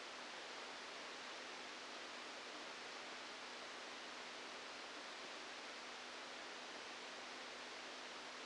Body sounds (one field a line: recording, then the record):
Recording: brain microelectrode recording played as sound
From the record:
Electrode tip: outside the subthalamic nucleus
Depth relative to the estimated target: -5 mm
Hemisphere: left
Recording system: NeuroSet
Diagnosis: Parkinson's disease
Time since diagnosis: 27 years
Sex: male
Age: 62 years